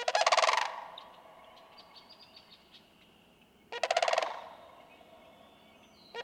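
Sandhill crane with loud, purring, rolling rattles, two full bursts and the start of a third, with light songbird notes in between.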